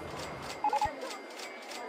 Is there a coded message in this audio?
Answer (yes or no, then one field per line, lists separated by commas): no